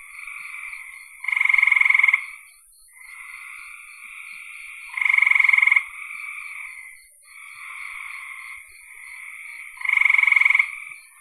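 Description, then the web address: Frog chorus with three loud pulsed trills between softer buzzing trills. "cn frogs"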